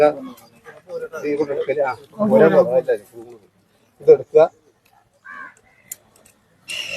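Someone talks while handling the locking part of a climbing device, likely a tree-climbing rig, on its rope or frame as it is fitted into place to be locked. After the talking come a few short, faint taps and handling noises. Nothing has seated or clicked yet.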